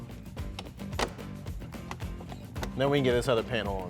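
The larger plastic trim panel is lined up against the inner panel of a Jeep Wrangler JL's steel tailgate, and its retaining clips are pressed back in, with sharp short snaps at 0.6, 1.0, 1.9 and 2.6 seconds as the clips seat. Someone talks over music in the background, and the panel ends up clipped in place.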